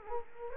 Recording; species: mosquito wingbeat signal from an infrared sensor; Culex quinquefasciatus